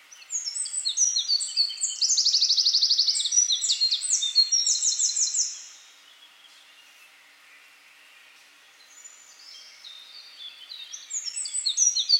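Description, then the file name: Eurasian wren belting out a fast, ringing song of high notes and quick trills, then a few seconds of quiet before another burst of song begins. "Troglodytes troglodytes"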